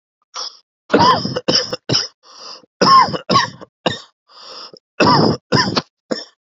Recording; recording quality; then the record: heavy voluntary cough; excellent, no background noise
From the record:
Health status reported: COVID-19 positive, mild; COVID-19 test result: positive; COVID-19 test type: RT-PCR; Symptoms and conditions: cough, cold, sore throat, fatigue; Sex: male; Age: 26 years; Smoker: no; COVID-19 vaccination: both doses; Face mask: not worn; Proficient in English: yes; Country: India